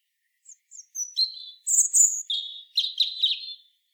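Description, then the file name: European robin song: faint high notes lead into a varied phrase of sharp whistles, ending with quick rattling trills. "Erithacus rubecula"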